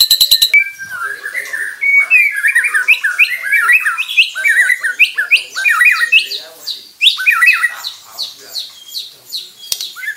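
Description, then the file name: White-rumped shama in a busy run of harsh, squawky and whistled notes, varied and rapid, with a brief buzzy burst at the start. Bornean white-rumped shama of the crowned (mahkota) variety, harsh call. "Suara kasar burung murai batu borneo mahkota"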